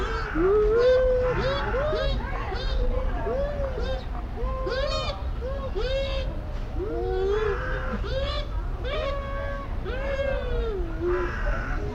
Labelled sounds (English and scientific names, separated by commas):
Bush Dog (Speothos venaticus)